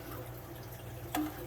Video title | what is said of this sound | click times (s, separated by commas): Seachem Tidal Filter: How to Fix Noise & Deep Clean (Full Disassembly) | anyway you just push it until it clicks | 1.1 s